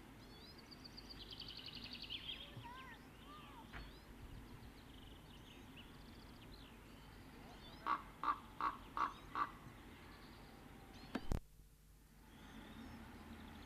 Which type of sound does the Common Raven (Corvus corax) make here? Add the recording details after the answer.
call. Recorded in the wild. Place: Ehrwald, Wettersteingebirge, Tirol, AT. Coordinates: 47.4167, 10.9428. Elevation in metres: 984. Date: 1972-04-04. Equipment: Nagra IV, Sennheiser MKH 405, Parabolreflektor. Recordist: Tretzel, Erwin